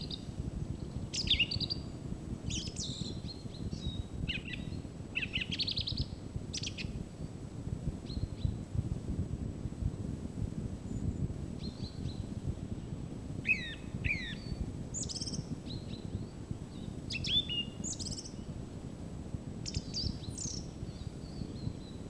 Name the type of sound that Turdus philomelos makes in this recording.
song